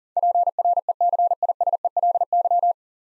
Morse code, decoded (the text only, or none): PRECISELY